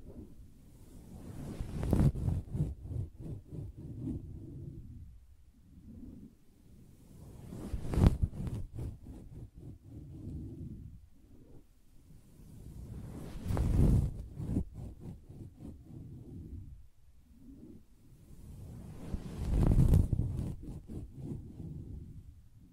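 Fingers tap and scratch on a soft fabric surface in repeating passes, each building to a dense burst of quick, muffled taps. The peaks come roughly every six seconds, near 2, 8, 14 and 20 seconds, with softer rubbing and brief near-pauses between them.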